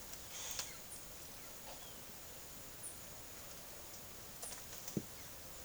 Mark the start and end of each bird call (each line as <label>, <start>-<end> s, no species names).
bird call, 0.27-4.64 s